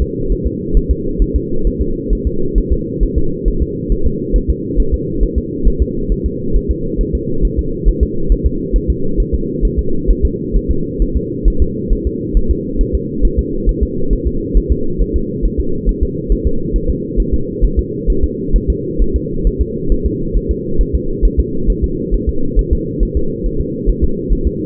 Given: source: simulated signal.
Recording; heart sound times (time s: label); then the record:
fetal heart sounds
0.02 s: S2
0.32 s: S1
0.47 s: S2
0.77 s: S1
0.91 s: S2
1.22 s: S1
1.36 s: S2
1.67 s: S1
1.81 s: S2
2.13 s: S1
2.27 s: S2
2.58 s: S1
2.72 s: S2
3.03 s: S1
3.18 s: S2
3.48 s: S1
3.62 s: S2
3.92 s: S1
4.06 s: S2
4.36 s: S1
4.50 s: S2
4.80 s: S1
4.94 s: S2
5.23 s: S1
5.38 s: S2
5.67 s: S1
5.82 s: S2
6.12 s: S1
6.26 s: S2
6.56 s: S1
6.71 s: S2
7.01 s: S1
7.15 s: S2
7.45 s: S1
7.59 s: S2
7.88 s: S1
8.03 s: S2
8.32 s: S1
8.46 s: S2
8.76 s: S1
8.90 s: S2
9.20 s: S1
9.34 s: S2
9.65 s: S1
9.79 s: S2
10.10 s: S1
10.25 s: S2
10.56 s: S1
10.71 s: S2
11.02 s: S1
11.17 s: S2
11.48 s: S1
11.62 s: S2
11.93 s: S1
12.07 s: S2
12.37 s: S1
12.51 s: S2
12.81 s: S1
12.95 s: S2
13.25 s: S1
13.39 s: S2
13.69 s: S1
13.83 s: S2
14.13 s: S1
14.27 s: S2
14.57 s: S1
14.72 s: S2
15.01 s: S1
15.16 s: S2
15.45 s: S1
15.60 s: S2
15.89 s: S1
16.03 s: S2
16.32 s: S1
16.47 s: S2
16.76 s: S1
16.90 s: S2
17.20 s: S1
17.34 s: S2
17.64 s: S1
17.79 s: S2
18.10 s: S1
18.24 s: S2
18.56 s: S1
18.70 s: S2
19.02 s: S1
19.16 s: S2
19.47 s: S1
19.61 s: S2
19.92 s: S1
20.06 s: S2
20.36 s: S1
20.51 s: S2
20.81 s: S1
20.95 s: S2
21.25 s: S1
21.40 s: S2
21.70 s: S1
21.84 s: S2
22.14 s: S1
22.29 s: S2
22.59 s: S1
22.73 s: S2
23.03 s: S1
23.17 s: S2
23.46 s: S1
23.61 s: S2
23.89 s: S1
24.04 s: S2
24.32 s: S1
24.47 s: S2
From the record:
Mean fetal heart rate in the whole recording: 135 bpm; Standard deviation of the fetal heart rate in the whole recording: 3 bpm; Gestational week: 36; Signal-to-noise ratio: -8.1 dB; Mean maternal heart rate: 72 bpm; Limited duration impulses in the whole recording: absent